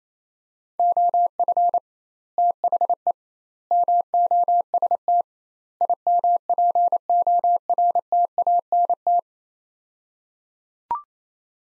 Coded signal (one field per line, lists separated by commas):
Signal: Morse code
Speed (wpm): 28 wpm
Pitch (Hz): 700 Hz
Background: none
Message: OF THE MOST IMPORTANT